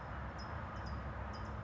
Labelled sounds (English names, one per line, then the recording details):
California Towhee
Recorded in Sonoma County, California